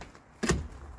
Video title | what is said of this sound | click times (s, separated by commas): WildAx Aurora Handover Video - HCV 2134 | and then lift the bed frame up clearly until you hear the loud click | 0.5 s